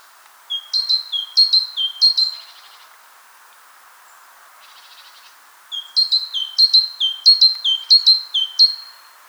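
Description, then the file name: Great tit repeating a see-saw two-note phrase in two bursts, high note then lower note, with soft faint notes during the pause between. "Parus major"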